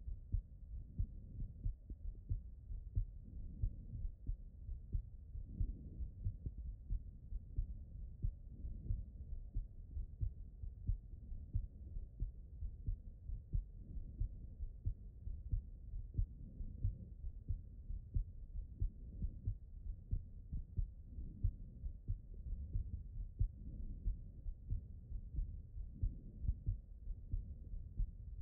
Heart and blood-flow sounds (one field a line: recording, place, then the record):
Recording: heart sounds by stethoscope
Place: aortic valve (AV)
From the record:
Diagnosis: non-HFrEF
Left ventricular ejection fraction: 45%